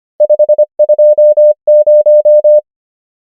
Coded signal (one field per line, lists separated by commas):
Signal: Morse code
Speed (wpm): 25 wpm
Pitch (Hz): 600 Hz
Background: none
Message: 5 2 0